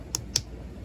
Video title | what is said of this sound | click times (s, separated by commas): Transformers Tuesday! Nemesis Prime! Blokees Wave 4, Figure Build 4 | Then you're going to slide it down into here, and you're going to hear click, click, | 0.1 s, 0.4 s